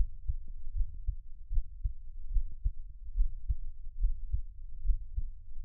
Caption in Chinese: 台灣ASMR | 獻上我的心跳 | Give my Heartbeat | NO Talking。